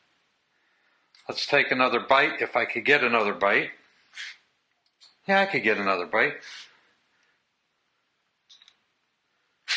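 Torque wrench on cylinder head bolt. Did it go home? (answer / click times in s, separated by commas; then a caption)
yes / 8.6 s, 8.7 s. A torque wrench is pulled on the rear cylinder head bolt of a 1975 Harley XL after taking another bite with the ratchet. Someone talks, then after a quiet stretch the wrench clicks twice at its setting, at about 8.6 and 8.7 seconds. The bolt has reached its torque setting.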